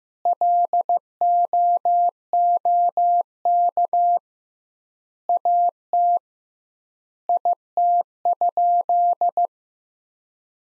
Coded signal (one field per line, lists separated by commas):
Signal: Morse code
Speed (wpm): 16 wpm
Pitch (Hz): 700 Hz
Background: none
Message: LOOK AT IT?